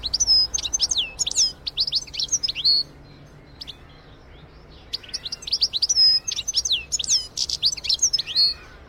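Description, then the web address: Goldfinch song: bright, tinkling twittering phrases of rapid high notes and slurred whistles, a burst of about three seconds, a pause, then another long liquid twitter. "birdsong goldfinch"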